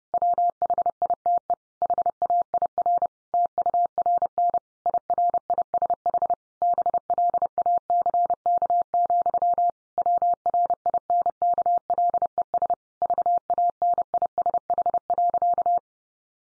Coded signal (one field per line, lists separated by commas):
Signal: Morse code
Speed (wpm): 28 wpm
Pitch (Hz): 700 Hz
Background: none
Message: WHITE HAIR TURN IRISH BLACK, WRINKLES VANISH.